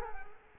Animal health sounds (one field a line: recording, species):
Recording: mosquito wingbeat signal from an infrared sensor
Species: Culex quinquefasciatus